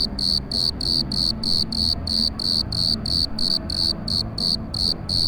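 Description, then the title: Grasshopper song of evenly spaced high scratchy pulses, about three each second, with a murky background of amplified music and crowd. Aix-les-Bains, Savoie, France; took 10 minutes to locate; hidden unseen in a gutter by a kerb in the shade of a street lamp; loud festival music and crowd 500 m away; many reflective surfaces; Zoom H4 recorder on road. "Rue Jacques Cartier, Puer, Aix-les-Bains, Savoie, Auvergne-Rhône-Alpes, France métropolitaine, 73100, France - Criquet acousmatique"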